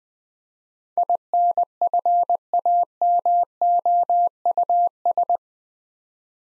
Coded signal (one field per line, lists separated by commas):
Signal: Morse code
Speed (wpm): 21 wpm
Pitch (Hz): 700 Hz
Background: none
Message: INFAMOUS